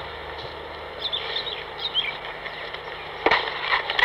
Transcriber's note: bird chirping in background